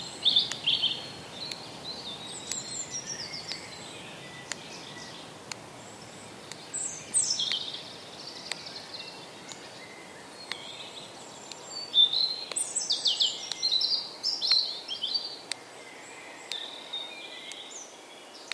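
Woodland birdsong fills the clip, with bright chirps and trills clustering around 7, 12 and 14–16 seconds over a soft, steady hiss. Sharp, regular ticks sound about once a second throughout, like a clock made of snapping twigs.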